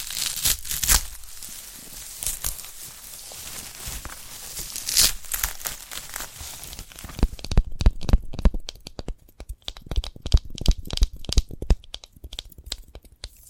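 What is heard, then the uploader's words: A sprouted coconut being handled, with rustling, scraping and crinkling that turn after seven seconds into quick, sharp taps and clicks. ASMR of a Sprouted Coconut (No Talking).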